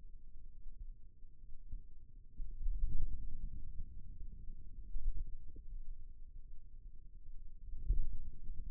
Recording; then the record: forearm muscle sounds (acoustic myography)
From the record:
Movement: finger pinch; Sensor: system 2, bracelet of six BSWA MPA416 microphones around the upper forearm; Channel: 3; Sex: male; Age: 22 years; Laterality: right